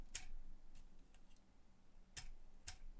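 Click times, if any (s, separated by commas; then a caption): 0.2 s, 2.7 s. A wing of the plastic LEGO Star Wars Obi-Wan's Jedi Interceptor set #75135 starship is tilted on its click hinge on the brick-built hull. Two sharp, distinct clicks sound at 0.2 s and 2.7 s as the hinge steps through two detent positions and seats into place.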